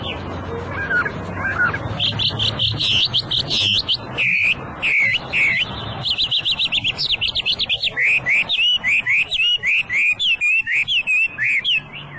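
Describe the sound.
Hwamei song: long run of rapid repeated whistled notes and looping slurs, varied and loud.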